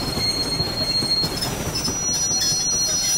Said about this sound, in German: Es hat den Anschein, als würde der Zug langsamer. Ja, und zwar deutlich.